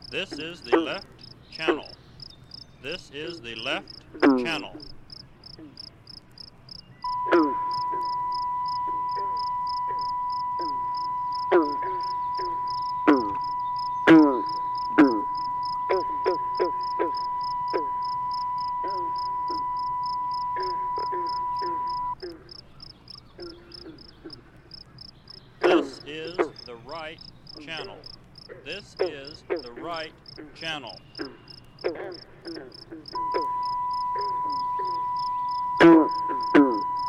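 A recording played through a transducer and an old gasoline can, giving a tinny, resonant sound. Irregular croaking, voice-like bursts come and go over a fast, regular high chirping, while a steady mid-pitched hum sounds from about 7 to 22 seconds and returns near the end.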